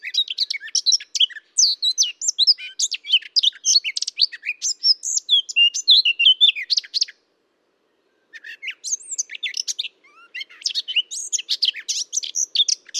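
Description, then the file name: Eurasian blackcap warbling in fast, jumbled twittering phrases. A short pause around the middle is followed by a fresh burst of varied notes. "Sylvia atricapilla"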